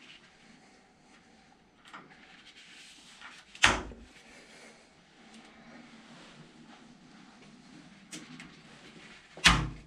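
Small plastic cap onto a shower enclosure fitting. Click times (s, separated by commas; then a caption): 3.6 s, 9.5 s. Small plastic caps are pressed onto the shower enclosure fittings by hand, with faint handling noise between presses. A sharp click at 3.6 s and another at 9.5 s mark each cap clipping into place, seated firmly so it no longer moves.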